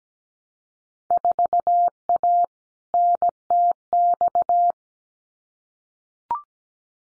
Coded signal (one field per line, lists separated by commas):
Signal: Morse code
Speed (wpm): 17 wpm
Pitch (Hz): 700 Hz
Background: none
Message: 4A NTX